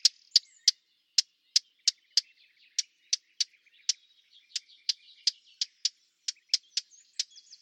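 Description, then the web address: Bird calls: many sharp, high chirps in a steady series, with faint softer twittering between them. "cianscape birddata Deverinetal 2025"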